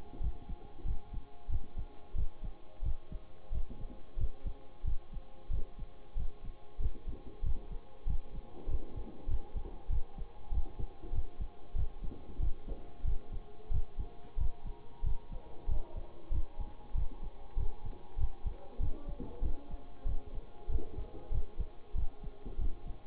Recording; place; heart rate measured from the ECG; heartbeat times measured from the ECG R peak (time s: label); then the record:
heart sounds by stethoscope; between the tricuspid and mitral areas; 94 bpm
0.20 s: heartbeat
0.85 s: heartbeat
1.49 s: heartbeat
2.14 s: heartbeat
2.82 s: heartbeat
3.51 s: heartbeat
4.17 s: heartbeat
4.84 s: heartbeat
5.50 s: heartbeat
6.16 s: heartbeat
6.79 s: heartbeat
7.42 s: heartbeat
8.06 s: heartbeat
8.67 s: heartbeat
9.27 s: heartbeat
9.89 s: heartbeat
10.51 s: heartbeat
11.12 s: heartbeat
11.75 s: heartbeat
12.39 s: heartbeat
13.04 s: heartbeat
13.70 s: heartbeat
14.37 s: heartbeat
15.03 s: heartbeat
15.67 s: heartbeat
16.31 s: heartbeat
16.94 s: heartbeat
17.56 s: heartbeat
18.17 s: heartbeat
18.79 s: heartbeat
19.41 s: heartbeat
20.05 s: heartbeat
20.68 s: heartbeat
21.31 s: heartbeat
21.94 s: heartbeat
22.58 s: heartbeat
From the record:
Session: bicycle stress test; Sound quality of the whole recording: good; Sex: male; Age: 26 years